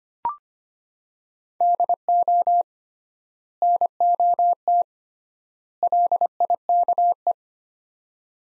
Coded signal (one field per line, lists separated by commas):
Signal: Morse code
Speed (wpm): 25 wpm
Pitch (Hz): 700 Hz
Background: none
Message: DO NOT LIKE